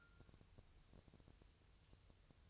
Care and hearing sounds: daily activity, microphone in the room; take from stove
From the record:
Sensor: 2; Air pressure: 999.2 hPa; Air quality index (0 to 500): 195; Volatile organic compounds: 27 ppm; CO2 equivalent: 2878 ppm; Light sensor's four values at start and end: 6/15/6/6 and 6/15/6/6

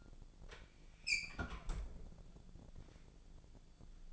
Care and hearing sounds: daily activity, microphone in the room; close fridge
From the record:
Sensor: 5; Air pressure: 1000.2 hPa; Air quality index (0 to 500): 102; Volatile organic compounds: 1 ppm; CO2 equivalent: 828 ppm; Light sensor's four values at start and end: 237/562/241/264 and 235/558/239/262

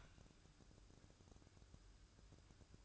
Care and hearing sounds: daily activity, microphone in the room; open fridge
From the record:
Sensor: 2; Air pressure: 1007.6 hPa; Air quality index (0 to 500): 60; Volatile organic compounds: 1 ppm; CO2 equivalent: 595 ppm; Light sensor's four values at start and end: 10/23/10/10 and 10/23/10/10

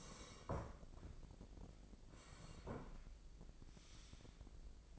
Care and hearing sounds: daily activity, microphone in the room; sit down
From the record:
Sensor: 5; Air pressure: 1012.4 hPa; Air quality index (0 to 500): 149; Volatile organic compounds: 2 ppm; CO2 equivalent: 1025 ppm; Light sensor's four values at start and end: 273/654/279/308 and 273/654/279/307

